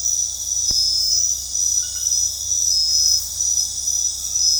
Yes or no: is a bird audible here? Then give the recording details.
no. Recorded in dense forest near Puerto Asís, Putumayo, Colombia, on 21 February 2024 at 23:30. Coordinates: 0.485, -76.322. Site G6406